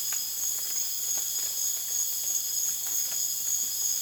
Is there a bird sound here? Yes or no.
no